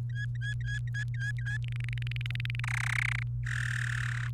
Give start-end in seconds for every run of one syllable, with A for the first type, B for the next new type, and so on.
0.00-1.57 A, 1.64-2.60 B, 2.64-3.23 C, 3.46-4.28 D